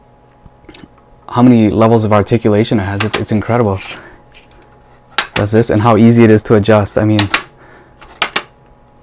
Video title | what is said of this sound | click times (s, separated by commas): Building my MobileStudio Pro workspace (One month in pt1) | those clicks you hear those are all the the different levels and all it goes all the way up to almost like a completely vertical | 8.2 s, 8.4 s